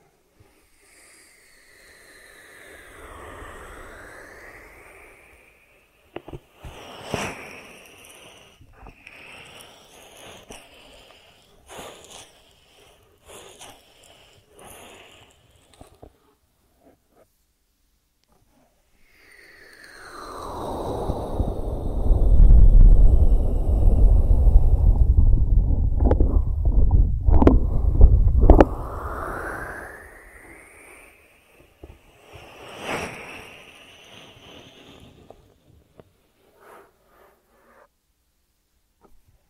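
ASMR ear treatment with a soft sweeping swell near the start, scattered crisp clicks and taps, then a loud low rumbling rush around twenty to thirty seconds.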